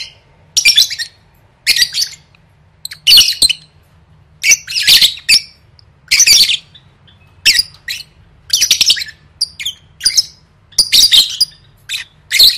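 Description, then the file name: Lovebird squawks repeated in loud harsh bursts at short intervals, each followed by a short quiet gap. "tieng vet mau don"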